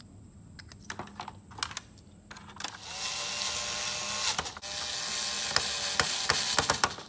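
A Phillips-head screw is driven into the plastic hull of a NewBright RC boat. After scattered light taps and a steady whirring, a quick series of sharp ratchet-like clicks comes at 5.6, 6.0, 6.3, 6.6, 6.7 and 6.8 seconds. The driver cams out of the screw head and strips it.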